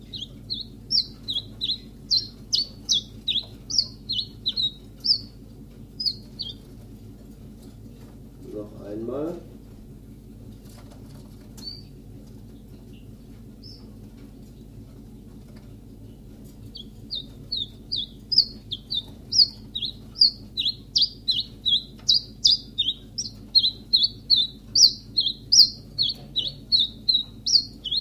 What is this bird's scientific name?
Phylloscopus collybita